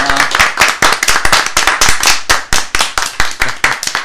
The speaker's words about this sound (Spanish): Sí, un aplauso para